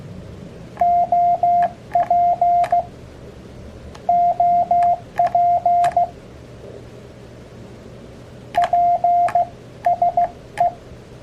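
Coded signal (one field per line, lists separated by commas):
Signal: Morse code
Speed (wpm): 16 wpm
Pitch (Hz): 700 Hz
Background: radio noise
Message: OP OP PSE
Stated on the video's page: Morse code abbreviations lesson sent on an Elecraft KX3 with KXPD3 paddle.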